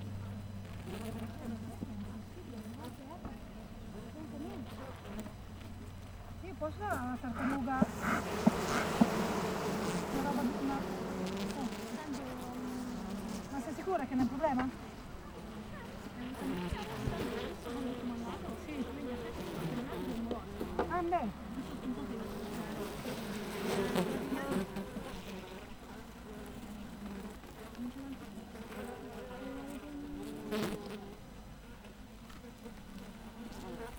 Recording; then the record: honeybee colony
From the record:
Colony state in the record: missing queen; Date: 14 July 2017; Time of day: 7:18